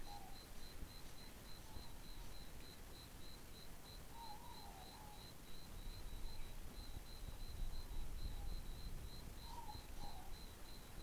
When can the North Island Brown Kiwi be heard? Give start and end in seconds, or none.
none